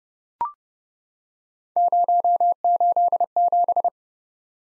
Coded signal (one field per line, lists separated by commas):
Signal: Morse code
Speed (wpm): 30 wpm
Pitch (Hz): 700 Hz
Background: none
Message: 087